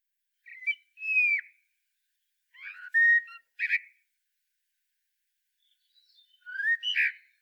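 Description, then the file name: Common blackbird singing well-spaced phrases: a clear sliding whistle, then a warble with a short squeak, and after a pause a final scratchy phrase. "Turdus merula"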